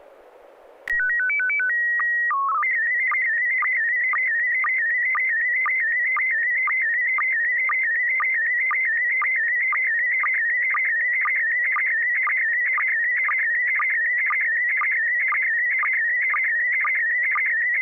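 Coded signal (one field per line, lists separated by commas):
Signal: SSTV (slow-scan television)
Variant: PD 120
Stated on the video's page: SSTV net images sent with MMSSTV software over an FM repeater on 441.300 MHz.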